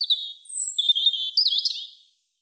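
European robin song: a continuous high warbling phrase of sliding whistles and quick trills, fading out after about two seconds.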